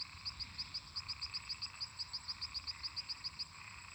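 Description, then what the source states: Frogs and toads: frog calls as a run of quick, evenly spaced high clicks that stop near the end, set against a soft continuous droning chorus. Many toads and frogs calling in a marsh.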